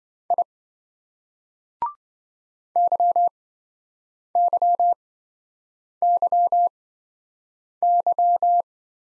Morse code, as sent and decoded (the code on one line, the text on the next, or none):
.. / -.-- -.-- -.-- -.--
I YYYY